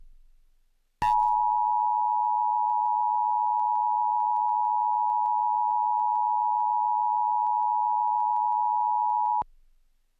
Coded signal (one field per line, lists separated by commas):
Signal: Emergency Alert System (SAME) tones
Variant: 853 and 960 Hz attention tone